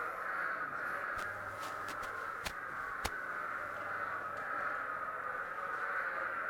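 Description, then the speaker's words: Spadefoot toad breeding chorus, a thick unbroken mass of overlapping calls, with a few sharp clicks cutting through partway. Explosive breeders that all emerge and breed quickly at the same time, so rarely heard singly or in pairs; no territoriality. "It's very rare that you hear one spade foot out there or just a couple, because again, they are explosive breeders."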